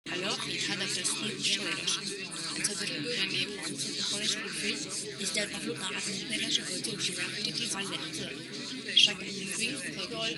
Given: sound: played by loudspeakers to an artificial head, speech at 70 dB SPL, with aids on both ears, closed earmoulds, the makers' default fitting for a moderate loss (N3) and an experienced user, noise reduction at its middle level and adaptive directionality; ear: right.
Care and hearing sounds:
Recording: speech test signal (ISTS) in cocktail-party noise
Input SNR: -6 dB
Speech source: on the right (90 degrees)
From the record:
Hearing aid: class 2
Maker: J

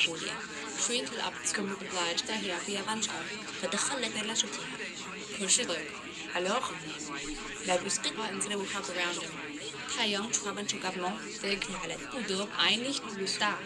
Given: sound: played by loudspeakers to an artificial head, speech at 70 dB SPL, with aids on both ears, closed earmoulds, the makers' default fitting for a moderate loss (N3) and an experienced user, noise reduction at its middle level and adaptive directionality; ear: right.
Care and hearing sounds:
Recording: speech test signal (ISTS) in cocktail-party noise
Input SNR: 0 dB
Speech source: on the right (90 degrees)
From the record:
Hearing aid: class 2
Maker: E

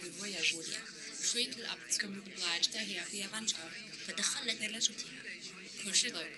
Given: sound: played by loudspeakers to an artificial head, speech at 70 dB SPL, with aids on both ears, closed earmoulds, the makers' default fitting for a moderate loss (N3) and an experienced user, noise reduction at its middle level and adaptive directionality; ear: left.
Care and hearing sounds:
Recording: speech test signal (ISTS) in cocktail-party noise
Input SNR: +3 dB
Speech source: in front (0 degrees)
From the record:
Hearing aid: class 1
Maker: H

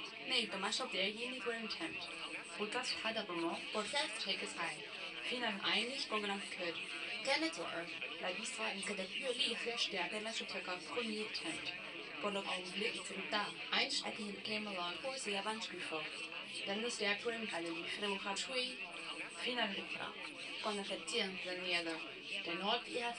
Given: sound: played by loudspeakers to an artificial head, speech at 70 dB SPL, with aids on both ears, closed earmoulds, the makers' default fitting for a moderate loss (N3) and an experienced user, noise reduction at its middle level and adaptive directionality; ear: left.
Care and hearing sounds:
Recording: speech test signal (ISTS) in cocktail-party noise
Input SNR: +9 dB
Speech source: on the right (90 degrees)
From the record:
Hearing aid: class 2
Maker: C

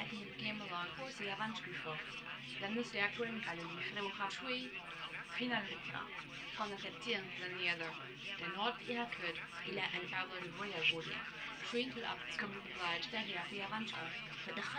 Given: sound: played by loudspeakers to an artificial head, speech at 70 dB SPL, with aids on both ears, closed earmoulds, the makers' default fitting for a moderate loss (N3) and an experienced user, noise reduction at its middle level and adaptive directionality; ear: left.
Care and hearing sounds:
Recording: speech test signal (ISTS) in cocktail-party noise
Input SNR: +6 dB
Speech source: on the right (90 degrees)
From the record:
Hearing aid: class 2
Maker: F

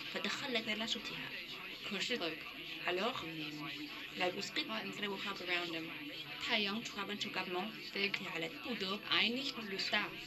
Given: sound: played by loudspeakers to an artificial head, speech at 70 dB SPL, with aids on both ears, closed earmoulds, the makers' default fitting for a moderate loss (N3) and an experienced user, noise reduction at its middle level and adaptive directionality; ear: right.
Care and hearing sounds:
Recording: speech test signal (ISTS) in cocktail-party noise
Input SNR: +9 dB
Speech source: in front (0 degrees)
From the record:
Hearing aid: class 1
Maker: D

